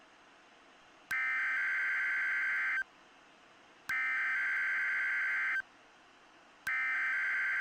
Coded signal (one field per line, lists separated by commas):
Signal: Emergency Alert System (SAME) tones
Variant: header bursts